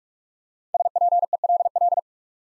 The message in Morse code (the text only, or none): SPELL